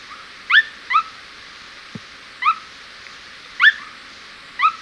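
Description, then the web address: Unicolored Tapaculo calls: short sharp notes, some paired, repeated at irregular intervals, with one faint low click between them. Recorded in Ecuador. "S America Birds of Ecuador 2. Unicolored Tapaculo"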